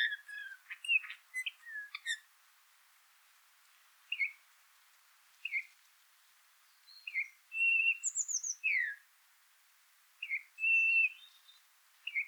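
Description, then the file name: Eurasian bullfinch calls: an opening burst of quicker chirps, then soft, slightly descending whistled notes spaced out, with a thin higher note also heard. "Pyrrhula pyrrhula"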